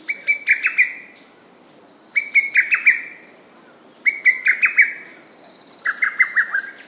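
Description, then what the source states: Lesser cuckoo calling a rapid, chattering phrase of about six loud notes, repeated four times roughly every two seconds. Recorded on 29 May 2007 at 11:30.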